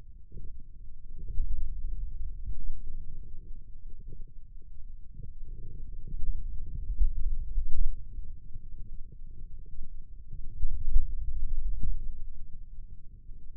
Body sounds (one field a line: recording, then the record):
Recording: forearm muscle sounds (acoustic myography)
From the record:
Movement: pen grasping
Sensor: system 2, bracelet of six BSWA MPA416 microphones around the upper forearm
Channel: 2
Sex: male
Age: 22 years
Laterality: right